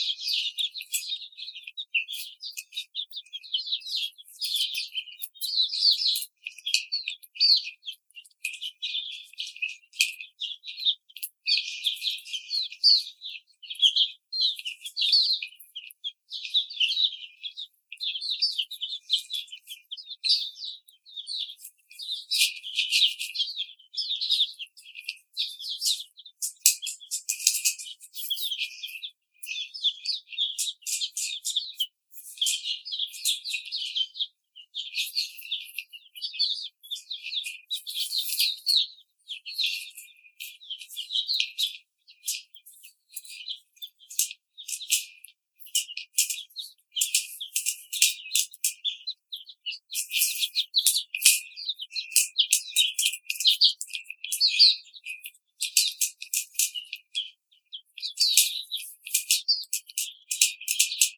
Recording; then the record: young laying hens in a cage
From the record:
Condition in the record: treatment cage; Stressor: simulated dog barking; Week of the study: 5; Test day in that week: 1